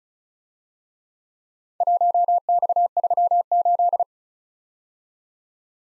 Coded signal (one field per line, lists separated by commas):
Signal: Morse code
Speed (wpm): 35 wpm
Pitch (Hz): 700 Hz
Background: none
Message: 1X38